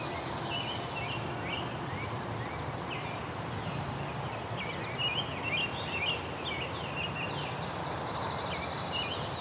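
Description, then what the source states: House wren singing a bubbly, warbling jumble of quick chattering notes in repeated bursts, with steady background hiss throughout. Bubbly, warbly song, low to the ground; the bird moves higher up a tree, singing at each branch; songs getting louder as it gets warmer.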